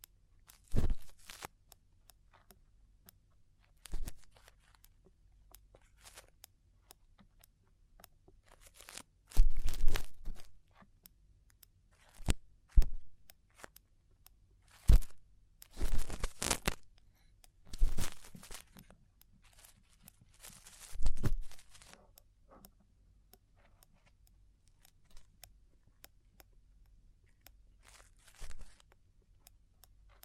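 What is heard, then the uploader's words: Ear cleaning sounds come in close, crisp bursts of scratching and crinkling against a near-silent room with a faint low hum. The rustles arrive irregularly, a few seconds apart, with denser clusters around ten, fifteen to seventeen, and twenty-one seconds. ASMR Chinese Ear Cleaning for Stress Relief (No Talking).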